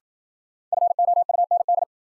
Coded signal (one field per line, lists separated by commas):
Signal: Morse code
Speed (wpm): 52 wpm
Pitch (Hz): 700 Hz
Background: none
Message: FOUND